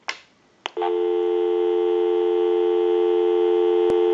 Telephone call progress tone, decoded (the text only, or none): dial tone